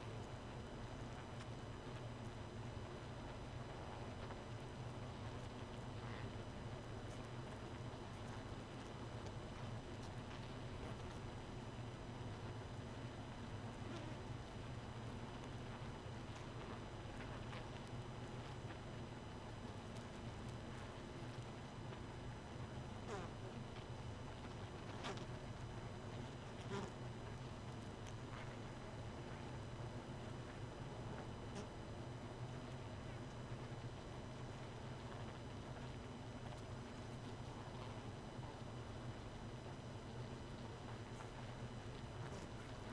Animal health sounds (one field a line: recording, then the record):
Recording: honeybee colony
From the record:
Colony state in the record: missing queen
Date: 31 May 2018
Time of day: 1:53